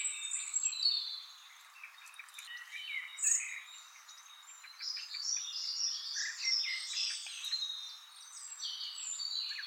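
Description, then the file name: European robin singing a dense, hurried string of high twittering and sliding notes. "Erithacus rubecula"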